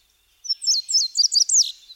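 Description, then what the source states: Indigo bunting singing one quick, high phrase of sharp, slurred notes, mostly in pairs, lasting about a second and a half. Indigo bunting described as a bird of the ecotone.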